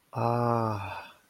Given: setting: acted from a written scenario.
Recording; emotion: vocal sound without words; contentment